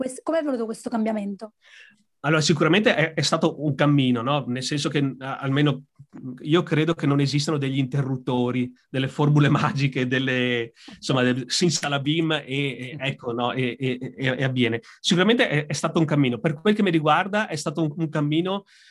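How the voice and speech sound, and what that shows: Italian speech from an adult man with repeated words and syllables and prolonged sounds, fitting stuttering; he describes himself as very, very much a stutterer.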